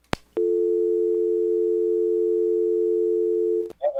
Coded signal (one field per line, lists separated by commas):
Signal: telephone call progress tone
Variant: North America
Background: speech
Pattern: dial tone